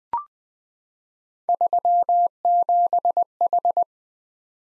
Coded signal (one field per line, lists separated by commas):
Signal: Morse code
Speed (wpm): 20 wpm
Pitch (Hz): 700 Hz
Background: none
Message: 37H